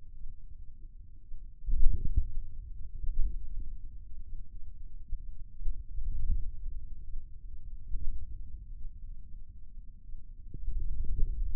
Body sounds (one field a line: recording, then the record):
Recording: forearm muscle sounds (acoustic myography)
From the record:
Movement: hand closing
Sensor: system 2, bracelet of six BSWA MPA416 microphones around the upper forearm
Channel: 3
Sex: male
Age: 22 years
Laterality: right